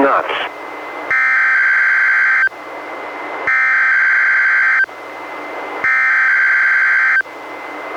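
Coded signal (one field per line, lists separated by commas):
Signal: Emergency Alert System (SAME) tones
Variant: header bursts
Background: speech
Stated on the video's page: Required Weekly Test tones from NWS Portland relayed by NOAA Weather Radio station in Astoria, received on a Reecom R-1630 weather radio and recorded via Zoom H1.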